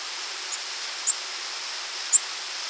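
Nashville warbler uttering a few brief, high, sharp chip notes against constant hiss.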